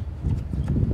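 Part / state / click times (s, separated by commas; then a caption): wiring connector onto air mass flow sensor / not seated / none. A wiring connector is being pushed back onto the air mass flow sensor of a Renault Megane 2, producing a few low handling knocks and short sharp taps, including brief hits near 0.7 and 0.9 seconds. Nothing has seated or clicked yet.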